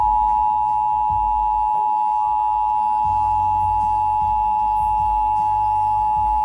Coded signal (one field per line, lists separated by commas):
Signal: Emergency Alert System (SAME) tones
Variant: 853 and 960 Hz attention tone